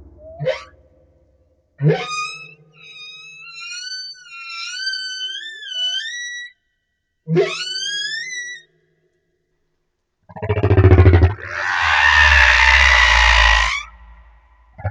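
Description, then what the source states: Humpback whale song of rising whistled notes and a long wavering high tone, then a loud pulsed rumble into a broad roaring unit. Madagascar.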